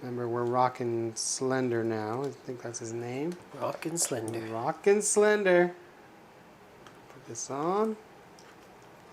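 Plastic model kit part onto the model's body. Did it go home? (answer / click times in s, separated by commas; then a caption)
no / none. A plastic part is being handled and pushed onto the body of a Gunpla Zaku I model kit while someone talks. A few faint ticks of handling come after the speech, but nothing has seated or clicked yet.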